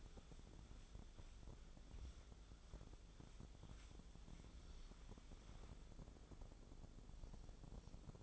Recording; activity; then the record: daily activity, microphone in the room; wipe stove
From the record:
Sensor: 5